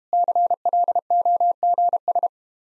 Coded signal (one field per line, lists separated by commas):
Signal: Morse code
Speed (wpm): 33 wpm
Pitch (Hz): 700 Hz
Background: none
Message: CLOGS